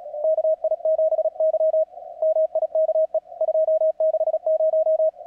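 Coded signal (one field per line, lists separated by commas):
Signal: Morse code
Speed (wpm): 36 wpm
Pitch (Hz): 660 Hz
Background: radio noise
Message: KI7Y MIKE 260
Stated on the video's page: CWops CWT on the Fourth of July.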